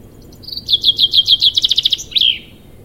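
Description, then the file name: Common chaffinch song: a short introductory phrase, then a rattling cascade of repeated notes quickening toward the end and capped by an emphatic terminal flourish. "Fringilla coelebs"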